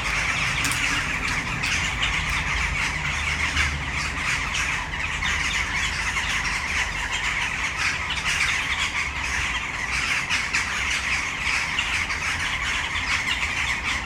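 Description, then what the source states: Western jackdaw flock chattering nonstop, many brief harsh notes overlapping, some louder single squawks standing out, with a soft traffic rumble. Flock in a tree, city centre of Brno, Czech Republic, Malinovského square, at sunset.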